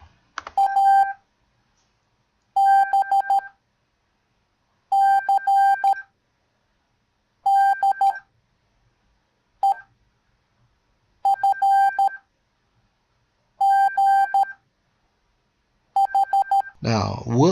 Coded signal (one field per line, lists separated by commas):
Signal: Morse code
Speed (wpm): 13 wpm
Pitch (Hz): 790 Hz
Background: speech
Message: A B C D E F G H